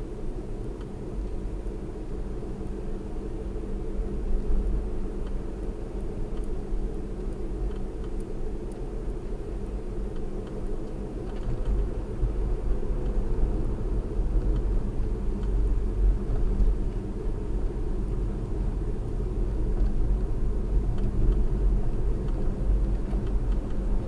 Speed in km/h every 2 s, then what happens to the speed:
47, 48, 50, 48, 48, 48, 47, 44, 45, 48, 50, 50.
0-15 steady at about 48. 15-24 speeds up to 50.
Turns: none.